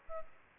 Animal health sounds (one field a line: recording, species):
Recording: mosquito wingbeat signal from an infrared sensor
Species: Aedes aegypti